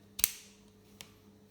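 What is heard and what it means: A metal key blade is pushed back into the housing of a Volkswagen Passat car key fob during a battery replacement and latches with a sharp click at 0.2 s. A fainter click follows at 1.0 s over a quiet, steady background. The blade is seated in the fob.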